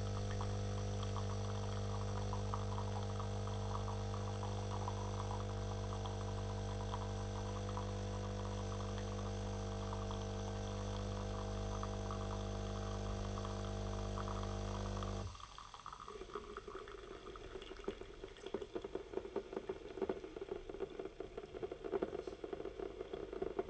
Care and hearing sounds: daily activity, microphone in the room; make coffee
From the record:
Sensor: 4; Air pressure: 995.3 hPa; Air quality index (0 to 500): 213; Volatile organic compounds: 241 ppm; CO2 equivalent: 4338 ppm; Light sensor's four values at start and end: 24/75/29/30 and 26/80/31/32

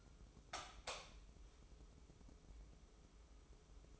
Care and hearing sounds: daily activity, microphone in the room; light on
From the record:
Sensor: 1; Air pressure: 995.4 hPa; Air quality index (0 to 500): 26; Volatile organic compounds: 1 ppm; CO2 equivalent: 511 ppm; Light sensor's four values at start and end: 11/26/10/11 and 14/42/16/17

